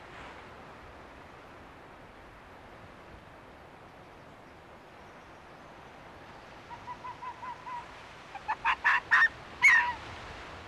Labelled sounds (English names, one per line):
Arctic Fox barking